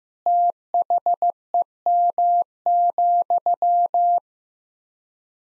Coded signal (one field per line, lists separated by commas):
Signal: Morse code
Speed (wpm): 15 wpm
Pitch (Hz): 700 Hz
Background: none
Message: THEM,